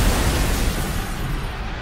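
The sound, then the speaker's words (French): A dynamite stick, thrown at police officers as a demonstration crowd disperses, explodes as a loud, sustained, rumbling roar with heavy bass that holds steady for about two seconds before its hiss starts to thin out. No one speaks. “un bâton de dynamite est lancé sur les policiers.”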